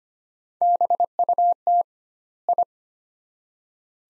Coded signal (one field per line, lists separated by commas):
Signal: Morse code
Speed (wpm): 25 wpm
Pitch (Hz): 700 Hz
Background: none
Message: BUT I